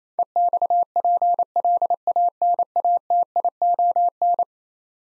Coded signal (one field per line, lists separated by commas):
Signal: Morse code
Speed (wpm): 28 wpm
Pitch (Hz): 700 Hz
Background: none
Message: EXPLANATION